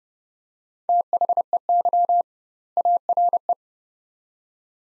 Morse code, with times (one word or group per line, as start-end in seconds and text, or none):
0.9-2.2 THEY
2.8-3.5 ARE